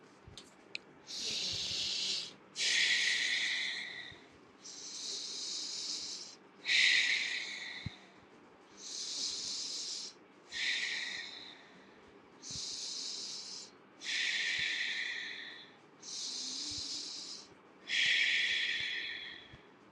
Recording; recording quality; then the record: deep breathing; excellent, no background noise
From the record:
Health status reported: exposed to COVID-19, no respiratory illness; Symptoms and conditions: none ticked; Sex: male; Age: 29 years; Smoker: not ticked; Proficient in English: yes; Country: India